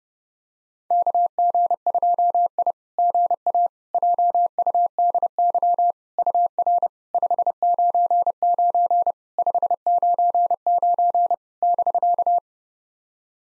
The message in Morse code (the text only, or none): KG2I GA JUDY UR 599 599 <BK>